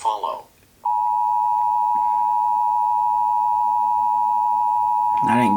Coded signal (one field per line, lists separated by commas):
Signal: Emergency Alert System (SAME) tones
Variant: 853 and 960 Hz attention tone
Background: speech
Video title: EAS: WORLD WAR 3